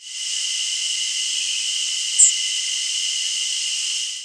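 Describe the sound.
Swamp sparrow call: one thin, very high, brief note about two seconds in, rising out of a steady, loud background hiss.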